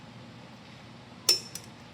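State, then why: Torque reached. A torque wrench set to 140 tightens a lug nut on a car wheel over a low steady background. The wrench gives a sharp metallic click at 1.3 s, showing it has reached its setting, followed by a fainter tick at about 1.6 s.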